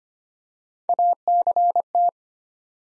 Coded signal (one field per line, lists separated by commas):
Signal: Morse code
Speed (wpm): 25 wpm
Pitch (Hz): 700 Hz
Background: none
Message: ACT